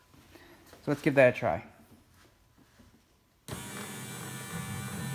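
On a 2017 Jeep Wrangler with the door being worked on for a lock actuator motor replacement, someone talks briefly, then at about 3.5 s the power window motor starts with a steady whirring hum that runs to the end. The window is being rolled up so the unclipped regulator mechanism slides up toward the bottom of the rear door glass for its clips to snap in. Nothing has seated or clicked yet.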